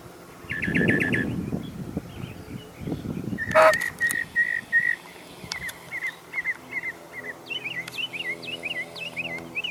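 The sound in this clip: Bird song: a few quick buzzy notes, a sharp clatter, then a run of short whistled notes, ending in a series of upslurred chirps over a soft hum.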